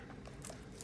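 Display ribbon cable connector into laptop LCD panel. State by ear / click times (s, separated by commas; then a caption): seated / 0.5 s, 0.8 s. The display ribbon cable connector is pushed into the back of a new LCD panel on an HP 15-f004wm laptop during a screen replacement. Over a low background hum, sharp clicks sound at 0.5 s and 0.8 s as the connector seats with a tight fit.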